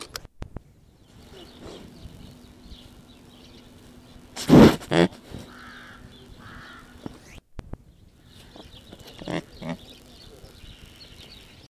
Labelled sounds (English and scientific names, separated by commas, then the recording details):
Mule Deer (Odocoileus hemionus) call
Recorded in captivity
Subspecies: hemionus
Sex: male
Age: adult
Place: Tierpark Berlin, Berlin, DE
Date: 1967-11-19
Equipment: Uher 4000 Report-S, Transistorverstärker II, Sennheiser MD 421
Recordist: Tembrock, Günter